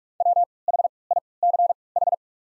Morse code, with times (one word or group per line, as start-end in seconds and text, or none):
0.2-0.4 W
0.7-0.9 H
1.1-1.2 I
1.4-1.7 C
2.0-2.1 H